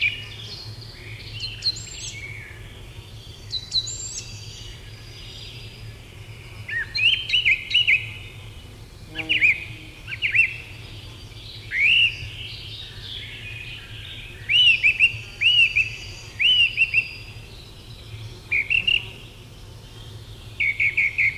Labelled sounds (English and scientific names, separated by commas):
Song Thrush (Turdus philomelos) song